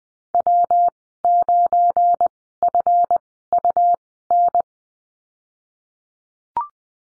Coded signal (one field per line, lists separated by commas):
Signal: Morse code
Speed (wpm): 20 wpm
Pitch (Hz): 700 Hz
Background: none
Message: W9FUN